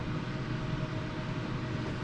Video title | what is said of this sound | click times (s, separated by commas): Grizzly Bench Top Radial Arm Drill Press | doesn't seem to want to snap in place | none